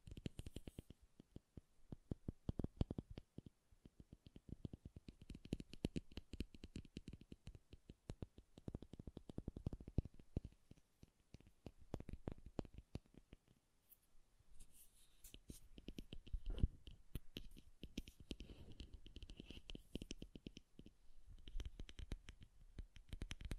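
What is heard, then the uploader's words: Soft tapping in quick, uneven bursts of short knocks, many carrying a dull, bassy thump. The taps come densely through most of the clip, thinning slightly around the middle, with one sharper louder hit near sixteen seconds and a faint hiss underneath. ASMR Bassy and Soft Tapping Sounds. No Talking.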